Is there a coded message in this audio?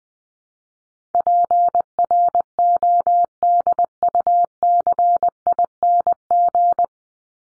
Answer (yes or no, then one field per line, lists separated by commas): yes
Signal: Morse code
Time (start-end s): 1.1-6.8 s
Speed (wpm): 20 wpm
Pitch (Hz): 700 Hz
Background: none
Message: PRODUCING